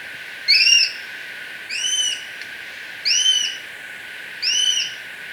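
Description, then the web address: Plain-breasted Hawk calls, four high, arched, downslurred whistled notes spaced roughly every one and a half seconds over a steady background hiss. Bird recorded in Ecuador, South America. "Birds of Ecuador. Plain-Breasted Hawk"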